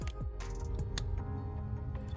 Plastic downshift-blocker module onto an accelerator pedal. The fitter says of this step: positioned all we have to do is uh press on the pedal and it should click in place